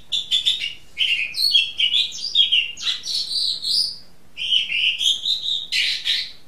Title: Kicau Kacer